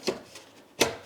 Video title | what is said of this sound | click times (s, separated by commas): Synology DS224 Setup & RAM Expansion | and that locks into place like so so we'll do that with the next one | 0.8 s